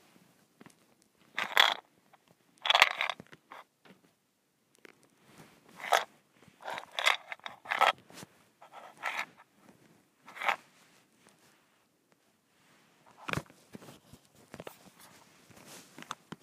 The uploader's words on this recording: ASMR: Mint Shaker.